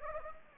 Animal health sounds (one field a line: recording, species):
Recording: mosquito wingbeat signal from an infrared sensor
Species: Anopheles gambiae